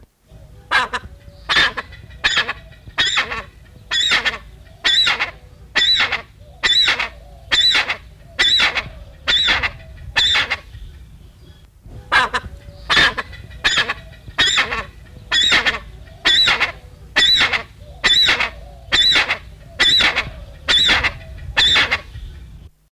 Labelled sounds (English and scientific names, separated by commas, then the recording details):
Brown Eared Pheasant (Crossoptilon mantchuricum) call
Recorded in captivity
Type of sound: call
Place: Vogelpark Walsrode, Niedersachsen, DE
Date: 1970-04-11
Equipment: Halbspur, 9,5 cm/s
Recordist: Lütgens, Hans
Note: Rufe